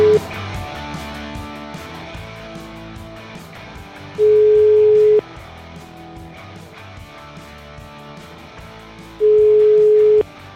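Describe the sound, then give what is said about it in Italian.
A telephone ringback tone sounds through the earpiece: two long, steady mid-pitched beeps about five seconds apart, each lasting around a second, over busy background music, with no one picking up. “Fa la rivoluzione, non risponde al telefono.”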